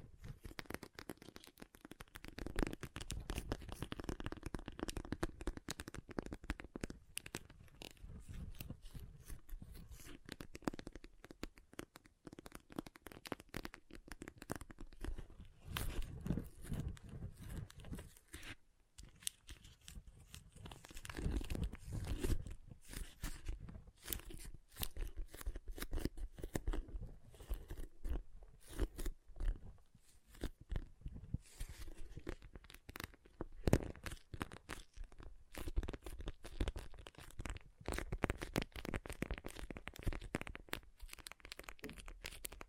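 Water beads are squished and rolled, giving a dense, continuous run of wet crunching and crackling clicks that never stops for the full length. The texture shifts in thickness, with fuller, lower squelches around 3–6 and 20–23 seconds and sharper crisp snaps elsewhere.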